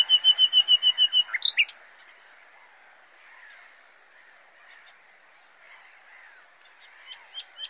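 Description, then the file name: Common nightingale song opening with about ten loud, evenly repeated whistled notes, then a sharp flourish, followed by quiet and a few soft chirps near the end. "Luscinia megarhynchos"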